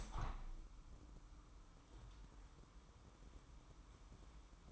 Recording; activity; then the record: daily activity, microphone in the room; open window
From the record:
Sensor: 1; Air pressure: 998.2 hPa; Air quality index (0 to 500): 140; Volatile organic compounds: 4 ppm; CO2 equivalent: 1679 ppm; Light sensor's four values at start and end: 16/53/21/21 and 16/53/21/21